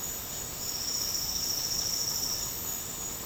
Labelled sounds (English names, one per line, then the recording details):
none
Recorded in dense forest near Puerto Asís, Putumayo, Colombia, on 12 March 2025 at 11:00
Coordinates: 0.467, -76.328
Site G041